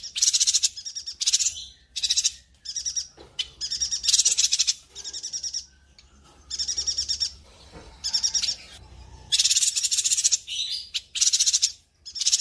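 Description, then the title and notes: Spiderhunter song: repeated loud bursts of high, harsh chattering, each lasting about a second, separated by brief pauses, with faint softer notes between. Master song for training birds; bird singing vigorously (gacor), clear and long. "Pijantung Gunung Gacor Jernih Panjang. Masteran burung"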